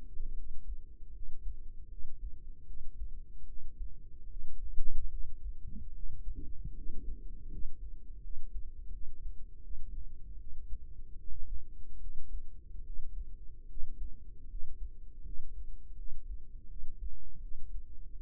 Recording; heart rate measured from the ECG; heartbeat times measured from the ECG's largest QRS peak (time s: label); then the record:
heart sounds by microphone in the right ear; 78 bpm
0.35 s: heartbeat
1.12 s: heartbeat
1.89 s: heartbeat
2.65 s: heartbeat
3.46 s: heartbeat
4.28 s: heartbeat
5.10 s: heartbeat
5.93 s: heartbeat
6.74 s: heartbeat
7.49 s: heartbeat
8.21 s: heartbeat
8.91 s: heartbeat
9.62 s: heartbeat
10.37 s: heartbeat
11.17 s: heartbeat
11.99 s: heartbeat
12.83 s: heartbeat
13.67 s: heartbeat
14.48 s: heartbeat
15.23 s: heartbeat
15.96 s: heartbeat
16.68 s: heartbeat
17.40 s: heartbeat
18.13 s: heartbeat
From the record:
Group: healthy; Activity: rest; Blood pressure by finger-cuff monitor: 96/38 mmHg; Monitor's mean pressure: 59 mmHg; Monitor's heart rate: 74 bpm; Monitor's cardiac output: 9.6 L/min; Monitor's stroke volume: 128 mL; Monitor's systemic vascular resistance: 430 dyn s/cm5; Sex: female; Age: 32 years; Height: 168 cm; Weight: 61.9 kg